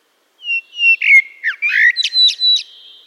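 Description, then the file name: Common blackbird song: loud descending fluted whistles, then a jumble of richer notes and a few high, clipped chirps at the end. "Turdus merula"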